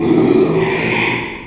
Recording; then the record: squeal of a Yucatan mini pig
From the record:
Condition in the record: after surgery on the right vocal fold (resection and tissue-engineered implant); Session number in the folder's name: 1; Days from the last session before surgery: 6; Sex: male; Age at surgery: 12 weeks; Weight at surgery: 13 kg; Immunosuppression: cyclosporine, prednisolone